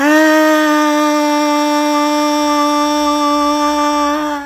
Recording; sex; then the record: sustained vowel /a/; female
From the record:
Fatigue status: no fatigue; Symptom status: asymptomatic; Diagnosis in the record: COVID-19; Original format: m4a